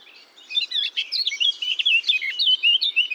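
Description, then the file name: Eurasian blackcap warbling: a dense, hurried run of fluty, slurred notes, rising and falling over nearly three seconds. "Sylvia atricapilla"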